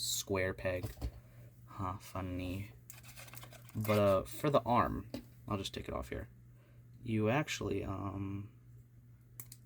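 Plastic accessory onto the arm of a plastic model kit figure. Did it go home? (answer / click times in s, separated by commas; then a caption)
yes / 9.4 s. A plastic accessory is pressed onto the arm of a plastic Gundam model kit, and a small peg on its back slots into the arm. Someone talks, then a short click is heard at 9.4 s as the accessory seats in place.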